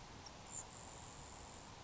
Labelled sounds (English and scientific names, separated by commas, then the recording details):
Grasshopper Sparrow (Ammodramus savannarum)
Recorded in Sonoma County, California